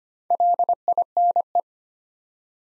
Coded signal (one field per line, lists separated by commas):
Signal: Morse code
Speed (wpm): 25 wpm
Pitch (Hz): 700 Hz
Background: none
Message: LINE